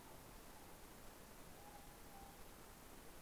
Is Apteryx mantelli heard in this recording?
no